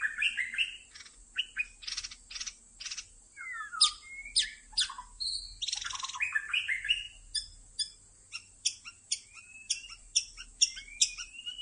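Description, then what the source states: White-rumped shama song: rich, varied whistles, slurred notes and sharp chips in quick succession over a steady high hiss. Lure (pikat) recording made for attracting birds.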